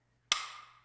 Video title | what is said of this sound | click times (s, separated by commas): Thule Evo VS Edge Flush Rail Roof Rack Systems | you'll hear that click and then you can go ahead and put your cover into place. | 0.3 s